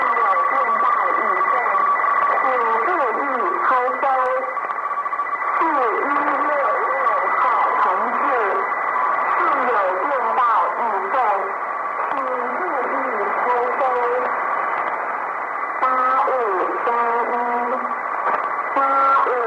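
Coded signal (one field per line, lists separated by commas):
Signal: numbers station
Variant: V13, Mandarin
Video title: The Conet Project 013 - New Star Broadcasting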